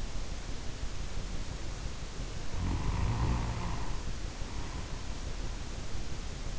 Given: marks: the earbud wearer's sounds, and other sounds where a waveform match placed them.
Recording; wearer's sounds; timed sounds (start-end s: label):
sounds in sleep by an in-ear microphone; snoring breath
2.35-5.20 s: snoring breath